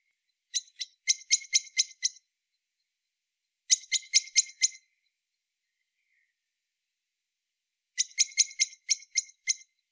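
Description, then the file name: Common blackbird uttering three fast runs of sharp, ticking chink notes with silent gaps between. "Turdus merula"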